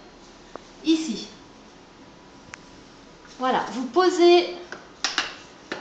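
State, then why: Seated. A long support bar for the base of a Graco Contour Electra travel cot is laid across the width of the frame and pressed down into its plastic holder while someone talks. A few small taps are heard, then the bar clips into the frame clip with a sharp click at 5.0 s, and it is held firmly in place.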